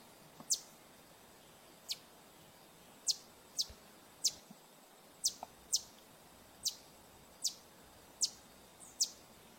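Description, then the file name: Green honeycreeper delivering a steady series of piercing, high, clipped notes spaced about every half second to second, with quiet background noise. "Canto do sai verde"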